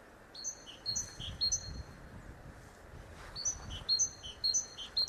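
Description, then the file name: Great tit song of clear alternating high and lower whistled notes repeated in two runs, with a soft low rumble underneath. "Parus major"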